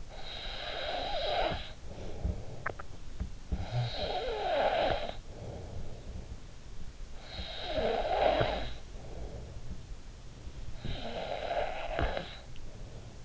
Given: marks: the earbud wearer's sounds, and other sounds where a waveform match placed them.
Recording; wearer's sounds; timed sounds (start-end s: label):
sounds in sleep by an in-ear microphone; snoring breath, swallowing
0.00-6.79 s: snoring breath
2.39-3.05 s: swallowing
7.08-13.25 s: snoring breath